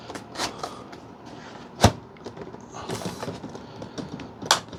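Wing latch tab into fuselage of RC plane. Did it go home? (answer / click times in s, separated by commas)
yes / 4.5 s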